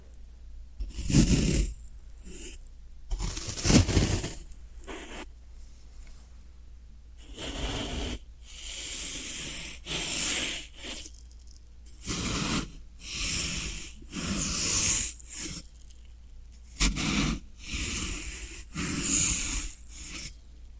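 Floral foam being handled, with short crackly scrapes and crumbling bursts that come in irregular clusters, some louder hissy swipes early on.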